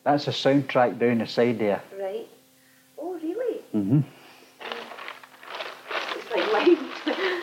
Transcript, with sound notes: That's a soundtrack down the side there.
Right. Oh really?
Mhm. [rustling]
It looks like lines.